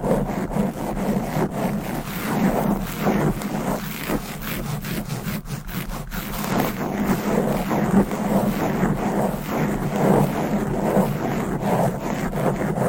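Fast, aggressive scratching on a microphone, a dense rasping scrape that never lets up for the whole clip. Rapid strokes blur together into a rough, rushing noise over a steady low rumble, with quick sharper catches every second or so.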